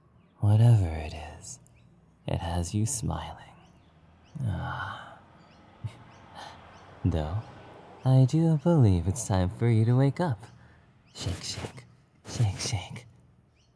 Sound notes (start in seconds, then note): 6.3 sighs happily; 10.6 gentle shaking